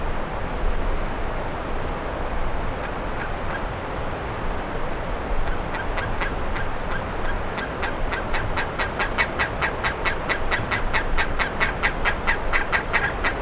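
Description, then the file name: Bird begins with a few scattered harsh notes, then from midway settles into a fast, even train of scratchy calls that continues to the end, over constant low rumble. "SABIOD 50 bird 2015"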